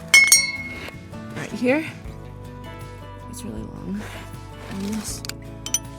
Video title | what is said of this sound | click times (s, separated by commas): 2013 Toyota RAV4 Oil Change - PLUS BLOOPERS | pops on like that. | 5.7 s